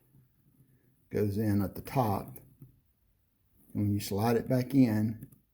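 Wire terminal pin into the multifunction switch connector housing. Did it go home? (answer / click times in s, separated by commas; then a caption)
no / none. A wire terminal pin is handled at the left-hand multifunction switch connector housing, ready to be slid back in while someone talks. Nothing has seated or clicked yet; the pin is not yet locked into the housing.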